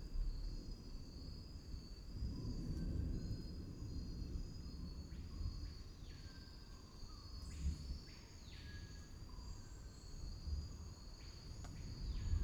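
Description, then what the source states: Steady high-pitched insect drone throughout, joined midway and near the end by repeated downward-sliding calls, with a constant low rumbling background. Insect solo recorded in the Amazon rainforest.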